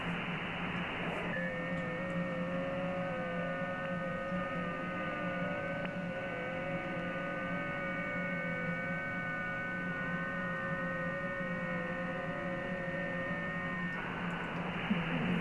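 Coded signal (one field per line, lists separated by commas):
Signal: FT8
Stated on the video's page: Amateur FT8 and FT4 contacts with stations around the world.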